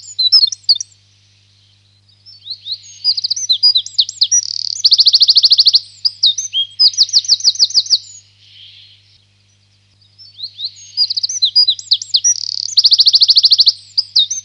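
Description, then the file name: Eurasian wren song: loud, rapid high-pitched bursts of varied notes and fast trills, in long phrases separated by short pauses. "zaunkoenig"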